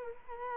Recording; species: mosquito wingbeat signal from an infrared sensor; Culex quinquefasciatus